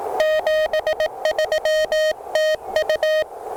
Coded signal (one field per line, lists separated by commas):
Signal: Morse code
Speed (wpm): 17 wpm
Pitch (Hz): 610 Hz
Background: none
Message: 73 TU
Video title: Taking the truSDX on its first CW POTA activation! Can it activate? We'll find out!